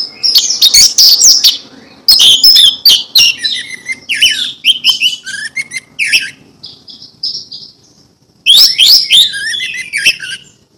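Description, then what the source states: Orange-headed thrush song: rapid, loud bursts of sharp high notes and chattering trills, with brief whistled phrases between and a pause before a final burst. Ngeplong song style.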